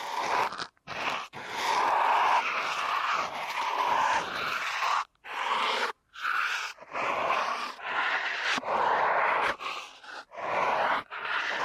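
Close, soft rubbing and scraping against the ear, like fingers or tools massaging right at the microphone. The sound comes in dense, muffled strokes with brief silent gaps between them, repeating every second or so, some strokes brighter and crunchier than others.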